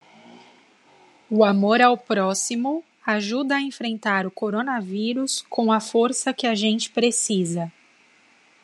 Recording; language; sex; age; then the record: spoken sentence; Brazilian Portuguese; female; 30 to 39 years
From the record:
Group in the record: control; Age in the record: 34 years